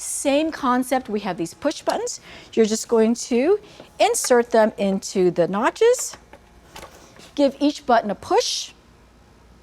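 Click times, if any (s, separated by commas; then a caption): none. Someone talks while handling the backrest of a folding commode, getting the spring push buttons on the backrest tubes ready to insert into the notches of the frame. A brief sharp sound occurs around 6.8 seconds amid the speech. Nothing has seated or clicked into place yet.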